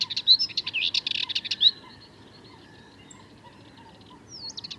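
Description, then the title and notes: Sardinian warbler song: a rapid, scratchy chattering burst of high notes lasting under two seconds, then near silence with a few faint notes and a brief high whistle at the end. Recorded 22 March 2019 at Le Charnier, Camargue, at twilight; a long monologue of incredibly nervous, rapid song; Wildtronic parabola, MKH8020 microphone, MixPre 3 recorder. "Le Charnier - Camargue. une Fauvette mélanocéphale (Sylvia melanocephala)"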